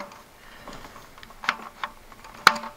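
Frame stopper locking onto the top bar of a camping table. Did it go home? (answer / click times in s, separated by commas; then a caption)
yes / 2.5 s. The stopper on the aluminium frame of a Montera CVT2 Table M (a 2022 lightweight, height-adjustable camping table) is pressed fully closed against the top bar, with a few lighter ticks at about 1.5 and 1.8 s. A sharp, loud click at 2.5 s marks the stopper locking, so the frame is fully locked and assembly is complete.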